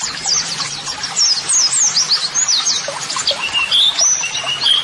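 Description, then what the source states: White-eye singing in quick, thin chirps and short rising and falling whistles, a busy, unbroken twitter with a few longer slurred notes toward the end. Masteran (model song) therapy audio for training pleci white-eyes, described as gacor (continuously singing) and meant to prompt birds to reply at once.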